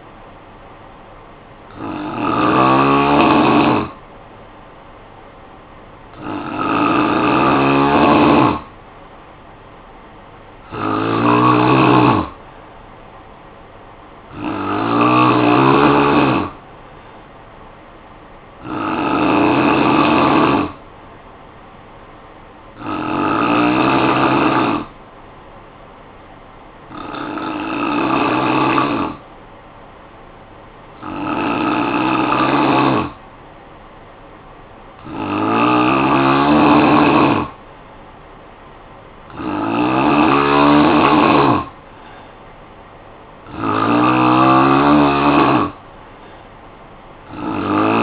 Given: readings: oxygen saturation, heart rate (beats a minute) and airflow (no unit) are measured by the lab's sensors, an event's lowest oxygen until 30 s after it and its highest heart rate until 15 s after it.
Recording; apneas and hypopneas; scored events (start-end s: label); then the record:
breathing in sleep by a voice recorder at the bedside; 1
24.00-36.00 s: hypopnea (N3, oxygen 93% highest, then 89% lowest, heart rate 57 at the start, 58 highest)
From the record:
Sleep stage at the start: N3 (deep sleep); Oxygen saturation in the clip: 89 to 93%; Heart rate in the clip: 54 to 58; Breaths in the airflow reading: 11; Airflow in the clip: -10.1 to 4.9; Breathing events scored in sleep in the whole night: 445 in 7.6 hours asleep